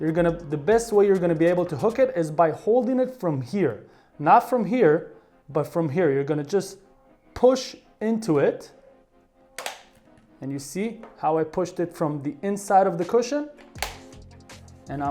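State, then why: Seated. A replacement ear cushion for a Sony PS5 Pulse 3D headset is held from the inside and pushed so its plastic hook snaps onto the headset ear cup, while someone talks over background music. A sharp click at 9.6 s marks the hook seating onto the cup, and faint taps and handling sounds follow near the end.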